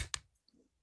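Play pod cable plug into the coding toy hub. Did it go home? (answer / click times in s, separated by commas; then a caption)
yes / 0.1 s. A play pod's cable plug is pushed into the coding toy hub and seats with a sharp, bright click at 0.1 s (0.14 s), confirming it is connected. A faint tick follows at 0.5 s, then a brief low rustle before quiet.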